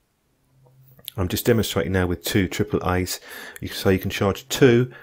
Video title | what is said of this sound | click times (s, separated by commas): LiitoKala Lii - NL4 Smart Charger: Review/Test | the cells there's no problem at all you just have to push them down a bit firmly and they click into place | 1.1 s